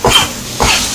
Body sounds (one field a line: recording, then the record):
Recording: coughing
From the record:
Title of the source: Spring Cold Coughing 2